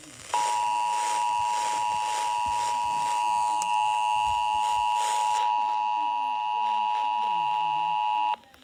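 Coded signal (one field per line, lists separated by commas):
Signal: Emergency Alert System (SAME) tones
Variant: 853 and 960 Hz attention tone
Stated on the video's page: Severe thunderstorm warning received on FM station 94.1.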